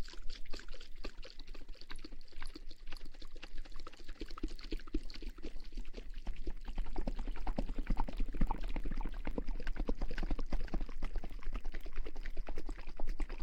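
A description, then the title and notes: Water sloshes inside a bottle, shaken in busy bursts that stay dense and fairly even throughout, with a slight swell after the midpoint. Fine splashes and gurgles mix with soft rubbing and tapping textures, and a low steady hum sits underneath. ASMR Shaking water bottle & Ear massage.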